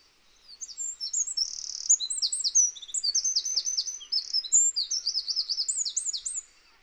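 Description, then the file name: Eurasian wren song: a loud, high, rapid outpouring of sharp notes and fast trills, running for about six seconds without a pause. "Troglodytes troglodytes"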